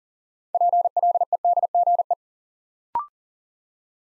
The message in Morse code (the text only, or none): PLEDGE